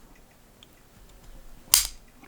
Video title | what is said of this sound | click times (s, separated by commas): Stealth Arms Platypus Disassembly/Reassembly #2011 #glockmags #cleaning | going to bring this across and you'll hear it pop into place watch this | 1.7 s